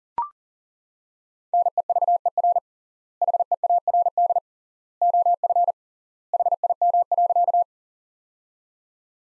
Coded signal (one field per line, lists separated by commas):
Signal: Morse code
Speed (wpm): 37 wpm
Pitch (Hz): 700 Hz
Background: none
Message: NEVER HEARD OF HIM.